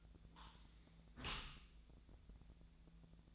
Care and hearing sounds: daily activity, microphone in the room; close dishwasher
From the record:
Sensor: 3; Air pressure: 1000.5 hPa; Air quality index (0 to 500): 174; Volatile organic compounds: 3 ppm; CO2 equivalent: 1511 ppm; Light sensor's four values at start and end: 14/38/15/17 and 14/38/15/17

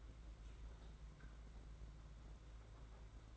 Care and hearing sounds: daily activity, microphone in the room; open fridge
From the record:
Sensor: 3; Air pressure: 991.9 hPa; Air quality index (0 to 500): 215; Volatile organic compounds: 1000 ppm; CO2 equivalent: 7364 ppm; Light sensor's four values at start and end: 32/95/39/33 and 32/95/39/33

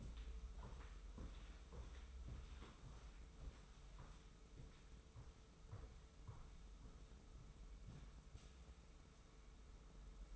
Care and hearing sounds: daily activity, microphone in the room; walk to room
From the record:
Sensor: 1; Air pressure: 994.4 hPa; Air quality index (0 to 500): 220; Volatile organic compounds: 1000 ppm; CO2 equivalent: 7874 ppm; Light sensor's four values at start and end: 68/150/67/69 and 69/155/68/71

